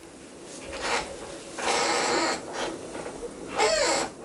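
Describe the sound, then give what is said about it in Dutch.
The door of a researcher's hut on the tundra being opened: a few rough, breathy scraping bursts of noise, ending with a brief high-pitched creak of the hinge, with no talking. “We doen even een deur open.”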